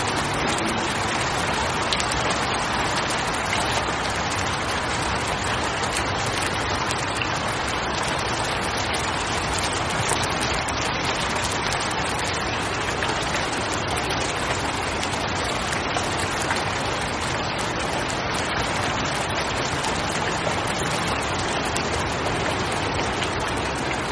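Heavy rain falls in a dense, unbroken hiss, steady from start to finish with no lulls. Countless drops patter on a hard surface, bright and crackling on top with a soft low rumble of water underneath.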